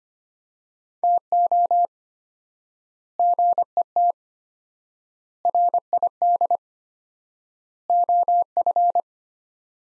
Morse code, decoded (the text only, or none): TO GET RID OF